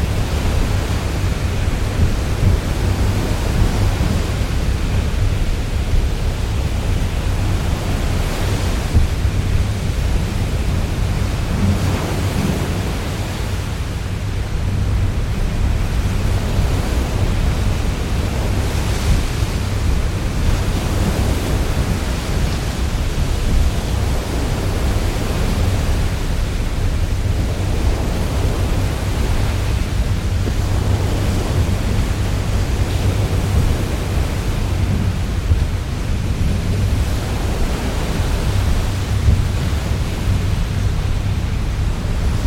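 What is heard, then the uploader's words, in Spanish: Wind roars at a storm at sea in a dense, unbroken wall of sound, heaviest and deepest in the low rumble. Loudness stays almost level throughout, with soft surges and gusts swelling every few seconds over a constant hissing wash. Mar Tempestuoso | Ruido Blanco del Viento y la Lluvia desde la Cabina del Barco. Únete a bordo de un formidable carguero mientras enfrenta la tempestuosa costa del Atlántico Norte. Con vientos rugiendo a asombrosas velocidades de 70-80 nudos y la lluvia golpeando incesantemente el casco de acero.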